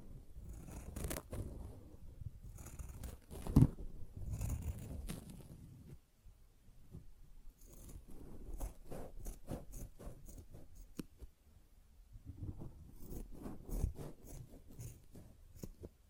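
Sponge being scratched, squished and brushed in irregular bursts of rough, rasping friction. A dense, low rubbing fills the first six seconds with a sharp snap near four seconds, then quieter scratchy strokes and clicks follow, and heavier rubbing returns after twelve seconds.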